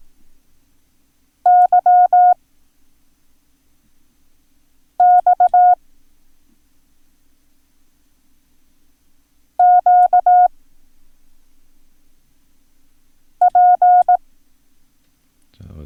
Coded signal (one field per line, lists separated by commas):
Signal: Morse code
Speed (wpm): 18 wpm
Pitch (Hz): 720 Hz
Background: speech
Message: Y X Q P